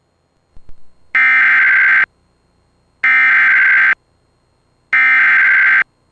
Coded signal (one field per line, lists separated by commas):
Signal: Emergency Alert System (SAME) tones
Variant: header bursts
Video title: Severe Thunderstorm Warning (EAS #608) l 3/27/2023